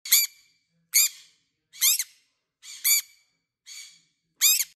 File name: Green cheeked parakeet